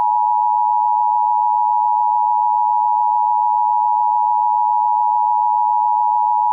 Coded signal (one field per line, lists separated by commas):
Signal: Emergency Alert System (SAME) tones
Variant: 853 and 960 Hz attention tone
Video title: tapehub - EAS test